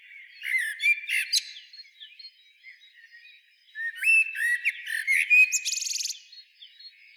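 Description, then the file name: Common blackbird gives a short fluted phrase, then a longer whistled run that ends in a harsh, buzzy high flourish. "Turdus merula"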